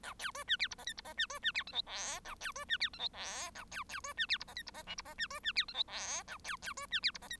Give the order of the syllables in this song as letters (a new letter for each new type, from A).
A B C D E F G H F G D C D E I J K A B C D E I J K A B B C D E F G H F G L F G D C D E I J K A B B C D E F G H